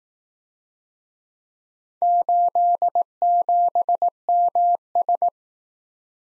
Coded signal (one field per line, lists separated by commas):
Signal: Morse code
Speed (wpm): 19 wpm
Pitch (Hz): 700 Hz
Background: none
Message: 87MS